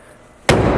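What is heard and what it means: After LED headlights are installed on a 2010-2015 Toyota Prius and the prop rod is stowed, the car's metal hood is dropped into its front latch. A quiet stretch gives way at 0.5 s to a loud, sudden slam that stays loud and broadband to the end of the clip. The hood latches shut.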